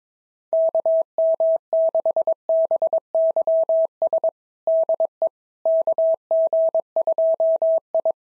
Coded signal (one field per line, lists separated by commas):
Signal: Morse code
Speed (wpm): 22 wpm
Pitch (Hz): 650 Hz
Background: none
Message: KM6BYS DE KG2I